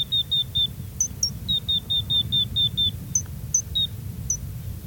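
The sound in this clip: Gray's lark calling: short, clear, slightly descending high notes in quick runs, with a few sharper, higher notes between, over a low rumble.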